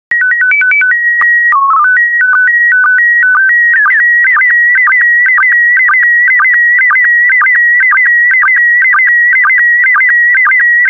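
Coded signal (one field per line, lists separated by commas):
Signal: SSTV (slow-scan television)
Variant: PD 120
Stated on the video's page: PD120 mode SSTV images generated for decoding practice, using stock photos, with synthesized audio prompts.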